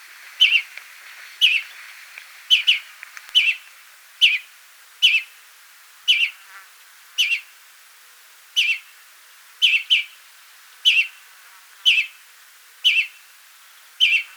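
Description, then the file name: European greenfinch calls, bright emphatic chirps repeated roughly once a second, with little else audible. "Chloris chloris"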